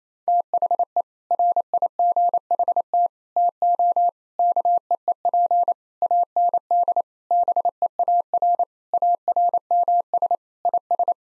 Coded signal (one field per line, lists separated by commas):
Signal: Morse code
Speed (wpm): 28 wpm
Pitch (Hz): 700 Hz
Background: none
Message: THE RIGHT TO KEEP AND BEAR ARMS IS